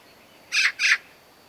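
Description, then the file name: Eurasian magpie giving two harsh, rasping chatter notes in quick succession, each about a fifth of a second long, with quiet background otherwise. "Pica pica"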